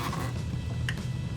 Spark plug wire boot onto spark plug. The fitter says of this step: There you go. That click really good.